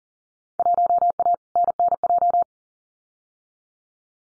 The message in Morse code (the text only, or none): 1A NNJ